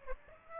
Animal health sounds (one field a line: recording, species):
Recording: mosquito wingbeat signal from an infrared sensor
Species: Aedes aegypti